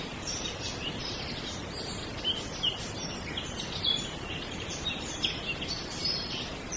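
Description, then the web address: Small birds twittering, fainter high chirps scattered across the whole stretch, with occasional louder notes above a steady hiss. Small birds in a wood. "bosco Uccellini bosco e moscone"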